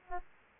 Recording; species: mosquito wingbeat signal from an infrared sensor; Aedes aegypti